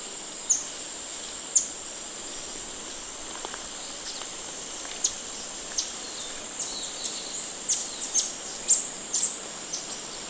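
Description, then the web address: Blue-browed tanager giving short, very high chip notes, scattered at first and then coming faster toward the end, over a steady high insect drone. Recorded in Ecuador. "Birds of Ecuador. Blue-browed Tanager"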